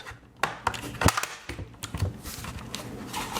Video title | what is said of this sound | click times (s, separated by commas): DaVinci Resolve Speed Editor Teardown Jog Wheel Loose Bearings Problem | It should click in place by itself like that. | 0.4 s, 0.7 s